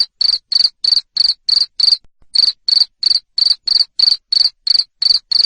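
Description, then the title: Cricket chirping in loud, high, rapid pulses about three per second, with a brief pause near two seconds; no other sounds. Loud cricket chirping used to stimulate lovebirds to sing continuously. "Suara JANGKRIK NGERIK Keras Bikin LOVEBIRD Jadi NGEKEK Terus Vubey"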